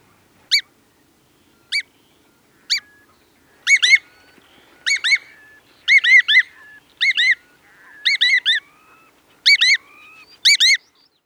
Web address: Hudsonian Godwit